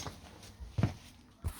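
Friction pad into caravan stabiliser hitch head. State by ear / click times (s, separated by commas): seated / 0.8 s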